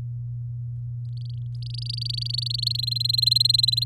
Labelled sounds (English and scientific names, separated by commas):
Domestic Canary (Serinus canaria) song